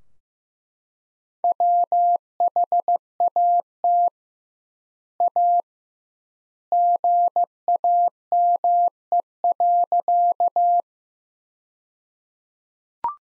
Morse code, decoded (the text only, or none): WHAT A GAME.